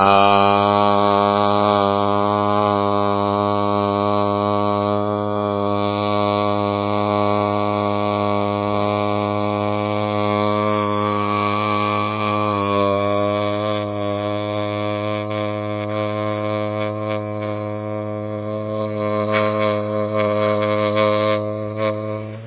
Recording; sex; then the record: sustained vowel /a/; male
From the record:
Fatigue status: no fatigue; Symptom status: asymptomatic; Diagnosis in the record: COVID-19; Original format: 3gp